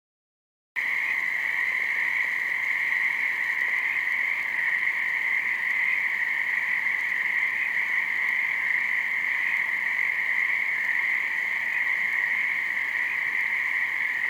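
Frog chorus starting after a brief silence, then a continuous buzzing trill from many callers holding steady to the end.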